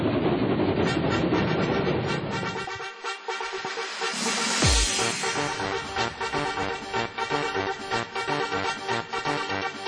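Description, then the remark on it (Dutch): A train roars past with a broad, loud rumble and a steady rhythmic clatter of wheels, swelling midway with a sharp whoosh before settling into a repeating mechanical beat. “En ik hoop dat de trein voorbij komt.”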